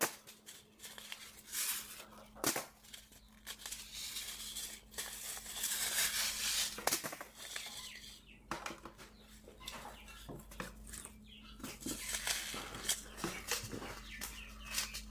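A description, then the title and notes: Packets of seeds are shuffled and sorted, with dry rustling and papery crinkles running through the whole stretch. Sharp taps and flicks come every second or so, a louder burst around the sixth and seventh seconds, over a constant low hum. Sorting Seed packets. Sorting packets of seeds.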